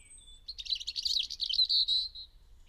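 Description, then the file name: European robin singing one phrase: a couple of pure high whistles that lead into a fast, liquid warble of tinkling notes, ending on a sustained thin note. "Erithacus rubecula"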